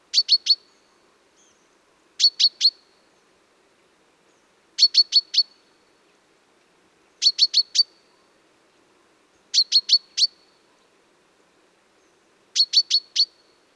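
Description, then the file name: Common chaffinch calling in steady series, six clusters of three or four crisp high chips spaced through a quiet recording. "Fringilla coelebs"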